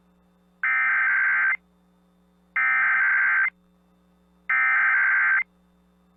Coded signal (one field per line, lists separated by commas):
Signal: Emergency Alert System (SAME) tones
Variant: header bursts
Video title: EAS High Wind Warning Downtown Juneau, Alaska NOAA Weather Radio WXJ25